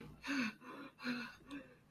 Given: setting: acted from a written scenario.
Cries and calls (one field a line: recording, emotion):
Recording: vocal sound without words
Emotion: fear